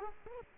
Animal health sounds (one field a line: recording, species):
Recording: mosquito wingbeat signal from an infrared sensor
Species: Culex quinquefasciatus